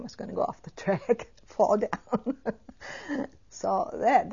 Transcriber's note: she laughs